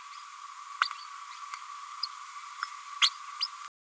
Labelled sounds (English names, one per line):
Green-rumped Parrotlet babbling